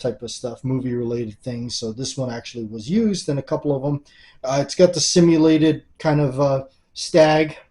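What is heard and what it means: Someone talks while handling a cheap switchblade, a folding knife with simulated stag handle scales and a steel blade that springs out and locks open in its handle. Only speech is heard; the blade has not yet snapped open or locked by the end of the clip.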